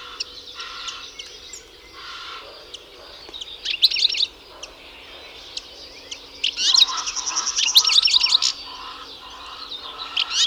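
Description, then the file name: European goldfinch: twittering finch song in two main bouts, the second longer and dense with bright tinkling notes, separated by quieter chips and pauses, with a further burst at the end. "Carduelis carduelis"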